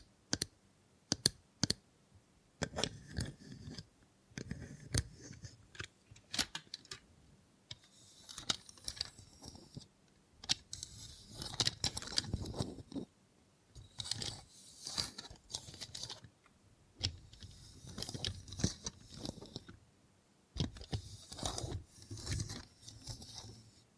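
ASMR with a robot hand: irregular clicks, snips and tapping bursts, bright crisp rustles clustered in bunches, with brief quiet pauses throughout.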